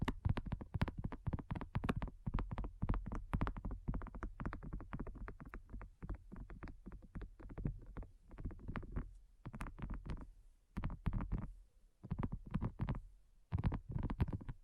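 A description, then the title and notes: Rapid, dense tapping of fingers on a hard surface, with quick sharp knocks piling into a near-continuous patter. The rhythm stays busy and uneven throughout, with brief pauses around ten and twelve seconds. The taps have a deep, hollow thud beneath brighter clicks. ASMR Addictive Tapping. (No Talking).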